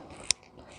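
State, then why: Seated. A LifeStraw Flex water filter cartridge is pushed into the outlet fitting at the bottom of a 1-gallon gravity water bag. It snaps in place with one sharp, bright click at 0.3 s, followed by a faint tick at about 0.5 s over quiet background noise. The filter is seated.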